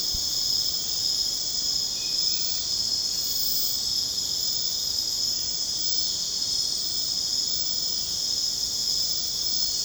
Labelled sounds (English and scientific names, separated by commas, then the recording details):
none
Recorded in secondary vegetation near Puerto Asís, Putumayo, Colombia, on 29 June 2025 at 00:00
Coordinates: 0.484, -76.319
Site G074